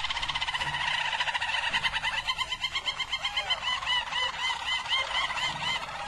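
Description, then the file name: Harz Roller canary delivering a continuous rolling trill that turns into a run of evenly repeated looping notes. Harz Roller canary, described as a Belgian canary; its song. "canto do canario belga harz roller"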